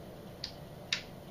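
A Barnett Ghost 350 crossbow string is cranked back with a crank cocker into the trigger latch. A faint tick is heard at 0.4 s, then a small, sharp click at 0.9 s. This is the first of two expected latch clicks, so the string is not yet fully cocked.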